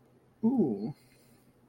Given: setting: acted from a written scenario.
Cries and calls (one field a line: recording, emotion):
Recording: vocal sound without words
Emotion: desire